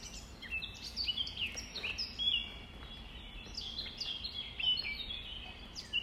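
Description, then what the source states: Nightingale song of quick whistled notes and slurred chirps, delivered in short phrases with brief gaps, over steady low background noise. Recorded at dawn, 05:33, on 5 May 2020.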